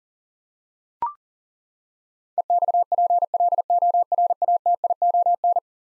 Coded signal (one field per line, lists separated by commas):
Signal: Morse code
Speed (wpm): 40 wpm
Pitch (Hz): 700 Hz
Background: none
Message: EXPLORATION